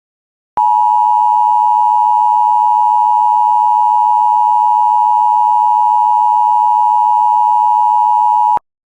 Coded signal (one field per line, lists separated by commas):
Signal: Emergency Alert System (SAME) tones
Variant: 853 and 960 Hz attention tone